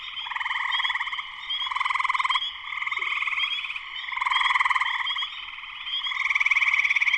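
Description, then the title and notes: Spring peepers calling en masse, a shrill unbroken peeping hum punctuated by repeated grating trill bursts about a second long. Full chorus shortly after sunset, Sleeping Bear Dunes National Lakeshore, northern Michigan, USA. "Spring peepers (chorus frogs) in concert. Spring peepers (chorus frogs) in full chorus shortly after sunset in the Sleeping Bear Dunes National Lakeshore in northern Michigan, USA. Recorded by Darrin Wassom. Part of the Music for Sleep project"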